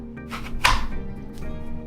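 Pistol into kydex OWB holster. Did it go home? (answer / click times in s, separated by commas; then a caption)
yes / 0.6 s. A pistol is pushed into a kydex OWB holster after the holster's retention has been tightened back up. A sharp click at 0.6 seconds is the pistol snapping into place and holding, seated. A faint tonal hum runs underneath throughout.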